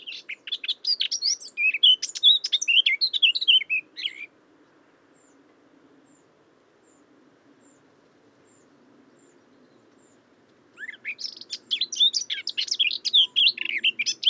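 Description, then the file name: Eurasian blackcap song: two dense, scratchy warbling phrases separated by a long pause of near silence. "Sylvia atricapilla"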